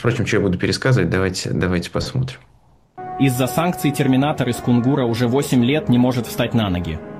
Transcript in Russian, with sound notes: Ну, впрочем, что я буду пересказывать? Давайте посмотрим.
(фрагмент репортажа)
Из-за санкций терминатор из Кунгура уже 8 лет не может встать на ноги.